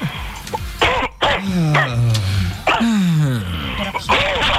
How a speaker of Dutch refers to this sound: Zeg, jongen. Verzorg je hoest.